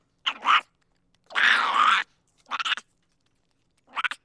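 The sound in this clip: Monkey making four rough squealing calls of uneven length, the second longest and wavering, with clear silences between them.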